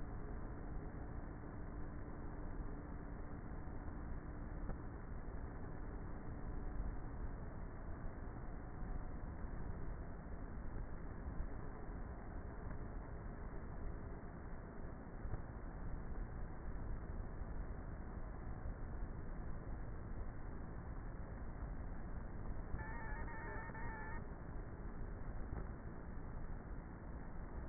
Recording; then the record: honeybee colony, microphone inside the hive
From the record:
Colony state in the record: queenless with a low population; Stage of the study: before two queens were removed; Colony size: about 30,000 bees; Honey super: no